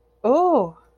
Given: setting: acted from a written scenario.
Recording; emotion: vocal sound without words; interest